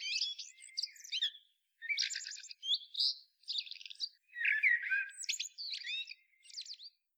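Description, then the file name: Common blackbird song: a dense run of high, scratchy twittering notes mixed with brief low warbles, fairly quiet throughout. "Turdus merula"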